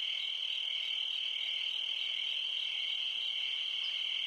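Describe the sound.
Shrill cricket chorus running without pause, steady high pitch and even volume throughout.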